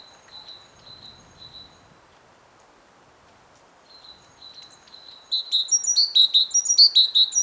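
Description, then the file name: Great tit: faint high notes early on, then from about five seconds a loud, rapid series of sharp high notes over a soft background hiss. "Parus major"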